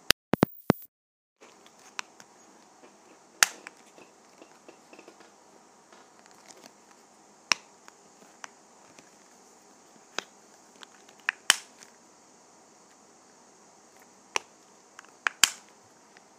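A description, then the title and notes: A lip gloss container makes a quick burst of sharp clicks at the start, then a brief silence. After that, a faint steady hiss holds underneath while single crisp taps and clicks land every second or few, irregularly, with a cluster near the end. ASMR Lip Gloss Container.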